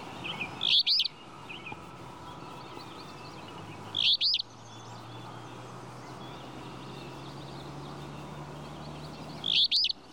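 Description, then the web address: Flycatcher calls, short sharp two-part chirps at a high pitch, given three times at uneven gaps over steady low background hum with faint bird notes. "мухоловка"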